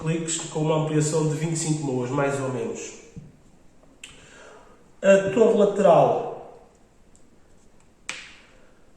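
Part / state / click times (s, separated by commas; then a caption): locking turret on a rifle scope / released / 8.1 s. A man talks about a T-Eagle Optics ZS 6-24x50 SFFFP IR rifle scope. He pulls the locking side turret up out of its locked position so it can turn, because it must be pulled to unlock. A sharp metal click is heard at 8.1 s as the turret lifts and releases.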